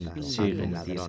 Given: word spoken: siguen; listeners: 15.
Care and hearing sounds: one Spanish word in noise, from a listening test; four-talker babble; 0.4 dB; 2 of 15; 7 of 15; 0.69 s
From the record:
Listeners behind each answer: 7, 3, 2, 1, 1, 1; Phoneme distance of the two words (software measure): 7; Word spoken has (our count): 2 syllables, 5 phonemes, stress on syllable 1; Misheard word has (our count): 2 syllables, 4 phonemes, stress on syllable 1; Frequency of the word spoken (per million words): 65.77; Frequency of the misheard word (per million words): 174.22

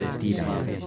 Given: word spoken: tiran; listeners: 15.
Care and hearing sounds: one Spanish word in noise, from a listening test; eight-talker babble; -1.7 dB; 1 of 15; 10 of 15; 0.47 s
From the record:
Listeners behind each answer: 10, 1, 1, 1, 1, 1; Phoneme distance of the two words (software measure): 7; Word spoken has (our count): 2 syllables, 5 phonemes, stress on syllable 1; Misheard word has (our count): 2 syllables, 4 phonemes, stress on syllable 1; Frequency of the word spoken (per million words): 3.59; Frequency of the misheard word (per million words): 15.15

